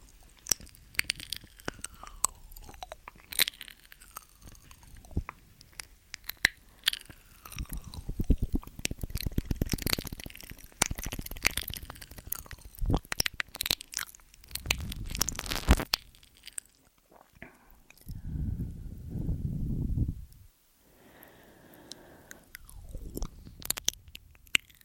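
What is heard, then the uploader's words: Mouth sounds and ear eating: wet clicks, smacks and crunchy chewing in dense bursts, with a soft rushing stretch near twenty seconds. MOUTH SOUNDS & EAR EATING Tascam & Dummyhead.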